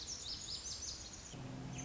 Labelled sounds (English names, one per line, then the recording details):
Lazuli Bunting
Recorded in Sonoma County, California